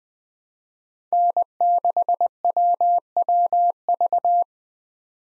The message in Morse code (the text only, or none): N6WWV